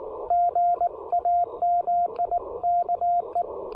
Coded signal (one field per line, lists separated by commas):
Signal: Morse code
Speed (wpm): 19 wpm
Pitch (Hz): 690 Hz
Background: radio noise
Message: GA MIKE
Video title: Taking the Ten-Tec Argonaut V on a POTA field activation!